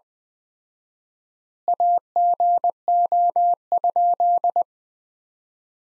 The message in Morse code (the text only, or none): AGO?